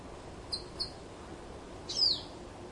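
Yellow-bellied nectar bird calling: two quick high chips, then a longer, thin, downslurred note, with faint hiss behind.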